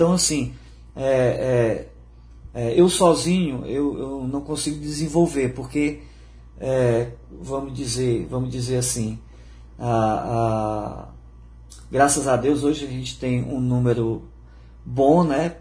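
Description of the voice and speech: Adult male speaker talking in Brazilian Portuguese, with stuttering: repeated words and syllables ("é, é, é", "eu, eu", "a, a"), prolonged vowel sounds, and frequent pauses between phrases.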